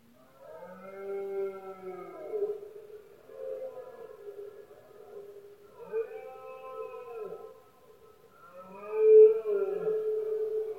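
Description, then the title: Red deer bellowing, several long drawn-out harmonic calls one after another, with a louder call near the end. Male red deer bellowing during the rutting season, known in Spanish as berrea or brama, heard especially at night in Spain; soundscape. "Paisaje sonoro: Berrea #04"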